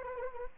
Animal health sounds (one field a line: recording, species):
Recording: mosquito wingbeat signal from an infrared sensor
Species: Anopheles arabiensis